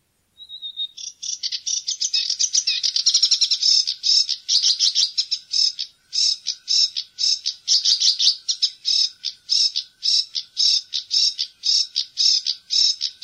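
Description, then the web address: Sedge warbler singing a long, busy stream of grating chatters and trills, opening with a thin whistle and settling into steady, rapidly repeated harsh phrases. "fuglelyder sivsanger"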